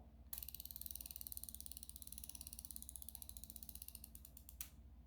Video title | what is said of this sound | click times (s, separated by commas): Ozempic Week 11 Results: Not a Good Week! 😪 #ozempic #ozempicweightloss #health #weightloss | there you go you heard to click it's done leave it in there good six s seconds | 4.6 s